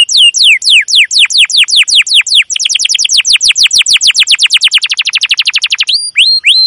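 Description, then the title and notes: Domestic canary song: rapid runs of sharp descending chirps, first slower then accelerating into a dense trill, ending with a few short whistled notes. Long, emotive chirping canary song used as a lure and master recording for training young canaries to learn the sound. "CUIT CUIT NGEROL LANGSUNG GACOR PANJANG Kenari Ini AMPUH Utk Pancingan KENAR. PANCINGAN Kenari GACOR PANJANG Cuit CUIT EMOSI ini AMPUH utk MASTERAN Kenari PAUD belajar BUNYI. burung kenari"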